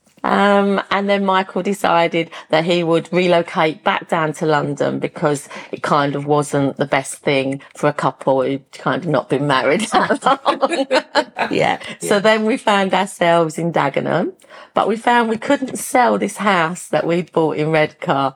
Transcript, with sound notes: Um, and then Michael decided that he would relocate back down to London because it kind of wasn't the best thing for a couple who kind not been married that long [laughs] Yeah. So then we found ourselves in Dagenham, but we found we couldn't sell this house that we bought in Redcar.